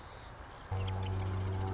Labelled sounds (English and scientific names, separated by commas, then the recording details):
Marsh Wren (Cistothorus palustris)
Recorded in Sonoma County, California